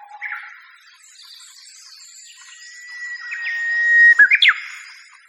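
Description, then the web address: Japanese bush warbler song: a few short notes at first, then a long, slowly swelling whistle, capped by a fast, explosive flourish. "sikioto. uguisu"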